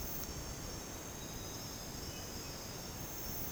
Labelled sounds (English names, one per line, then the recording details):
none
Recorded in dense forest near Puerto Asís, Putumayo, Colombia, on 13 March 2025 at 03:00
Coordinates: 0.486, -76.317
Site G053